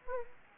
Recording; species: mosquito wingbeat signal from an infrared sensor; Anopheles gambiae